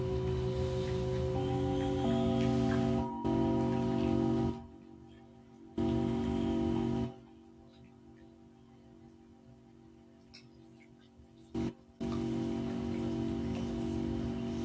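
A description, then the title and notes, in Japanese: Singing bowls ring in sustained, layered tones with a low hum underneath and a gritty, crackling texture over them. The sound cuts off abruptly several times, leaving near-silent gaps with faint ticks around 8–11 seconds, before the ringing returns at the end. メキシコから シンギングボウルのサウンドヒーリング ライブ。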